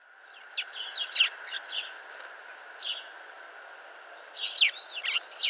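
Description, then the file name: House sparrow chirps in two lively clusters of rapid, bright notes separated by a quieter stretch, steady hum underneath. "Passer domesticus"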